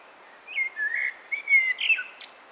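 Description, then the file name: Common blackbird song: smooth, low fluted notes building into a louder warble and a sharp, high squeaky ending. "Turdus merula"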